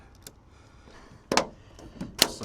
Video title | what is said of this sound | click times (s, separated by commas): Worksport NEXUS Auto latching Flip-Up Truck Bed Cover Review | like that. It'll click into place. You just kind of slide it left and right until it locks in and that's where it wants to live. | 2.2 s